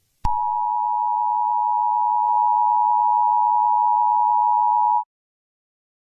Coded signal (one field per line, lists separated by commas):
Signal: Emergency Alert System (SAME) tones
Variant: 853 and 960 Hz attention tone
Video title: EAS Scenario: The Earthquake